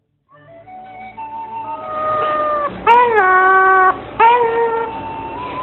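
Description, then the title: Asian pied starling giving drawn-out, rich harmonic notes that dip and then level off, in two loud phrases after a quieter, rising start. Song-tutoring (masteran) compilation track. "jalak_suren"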